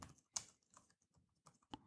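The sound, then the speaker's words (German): Quiet, uneven clicking of computer keys as someone types notes on a computer, with a few sharper taps standing out among softer keystrokes in an irregular typing rhythm; no voices. “Tippen und sprechen gleichzeitig.”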